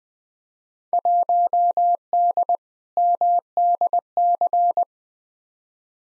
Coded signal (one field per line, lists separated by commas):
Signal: Morse code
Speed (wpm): 20 wpm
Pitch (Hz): 700 Hz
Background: none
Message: 1D MDC